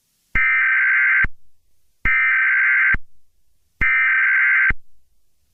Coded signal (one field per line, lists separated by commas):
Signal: Emergency Alert System (SAME) tones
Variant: header bursts